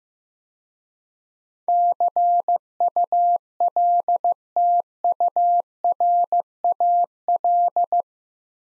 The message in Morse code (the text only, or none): CULTURAL